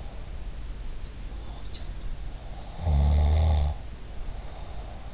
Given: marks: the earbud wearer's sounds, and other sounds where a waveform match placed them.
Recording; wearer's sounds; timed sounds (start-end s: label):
sounds in sleep by an in-ear microphone; snoring breath
2.41-5.08 s: snoring breath